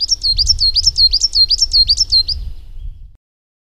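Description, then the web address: Coal tit song: a quick, steady series of high, sharp double notes, then the recording ends. "agykontroll Madardalok Cd 1. Fenyves cinege"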